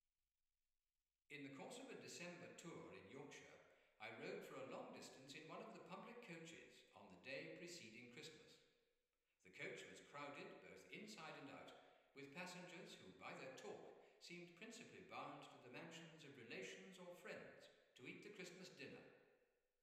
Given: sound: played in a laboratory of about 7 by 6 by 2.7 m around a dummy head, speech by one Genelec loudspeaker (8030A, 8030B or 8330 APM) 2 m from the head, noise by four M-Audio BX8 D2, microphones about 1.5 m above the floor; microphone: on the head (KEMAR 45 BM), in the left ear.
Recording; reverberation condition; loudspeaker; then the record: male speech in English; high; 30 degrees to the left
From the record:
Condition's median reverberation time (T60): about 1300 ms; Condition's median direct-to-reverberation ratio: about -4.0 dB